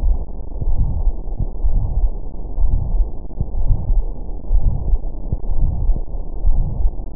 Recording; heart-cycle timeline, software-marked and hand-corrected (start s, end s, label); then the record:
heart sounds
not marked
From the record:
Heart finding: coronary artery disease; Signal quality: poor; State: rest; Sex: male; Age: 61 years